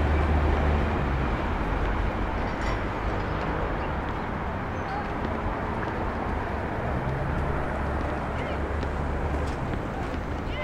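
A rooftop on Starr Street in Brooklyn gives a steady, dense wash of city sound with a low rumble underneath, likely traffic. Indistinct voices seem to murmur within it, and faint brief ticks and clinks surface now and then, with no single event standing out.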